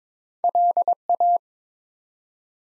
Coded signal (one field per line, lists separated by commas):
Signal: Morse code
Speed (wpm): 22 wpm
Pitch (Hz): 700 Hz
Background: none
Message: LA